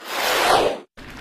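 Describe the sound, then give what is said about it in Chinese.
An audience at the Xiaodong 2010 New Year crosstalk (xiangsheng) gala claps for performers Xu Deliang and Wang Wenlin in a dense, steady wash of applause that breaks off for a split second, then resumes. No voices can be heard over it. “谢谢，谢谢大家啊，热情的掌声。”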